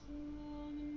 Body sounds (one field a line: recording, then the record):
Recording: background sound without coughing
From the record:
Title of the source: BackgroundMusic4